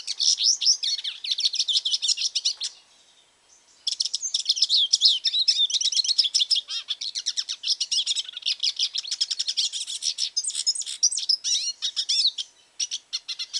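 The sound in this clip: Hooded siskin song, a long, fast twittering warble of high chirps, trills and buzzy notes, broken by a short pause near the third second.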